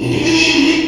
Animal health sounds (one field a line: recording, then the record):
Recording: squeal of a Yucatan mini pig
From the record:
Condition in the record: after surgery on the right vocal fold (resection and tissue-engineered implant)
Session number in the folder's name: 2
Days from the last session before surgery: 13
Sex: male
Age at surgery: 12 weeks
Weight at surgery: 13 kg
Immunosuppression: cyclosporine, prednisolone